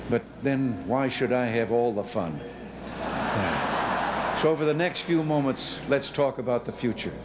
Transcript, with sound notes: but, then, why should I have all the fun? [Laughter] So, for the next few moments, let's talk about the future.